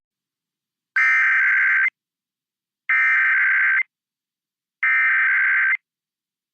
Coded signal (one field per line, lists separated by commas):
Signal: Emergency Alert System (SAME) tones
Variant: header bursts